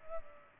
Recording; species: mosquito wingbeat signal from an infrared sensor; Culex pipiens